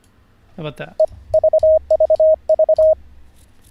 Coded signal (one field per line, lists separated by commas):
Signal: Morse code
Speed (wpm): 25 wpm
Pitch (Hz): 630 Hz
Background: speech, radio noise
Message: EVVV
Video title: How to Learn Morse Code (Day 44) [Livestream]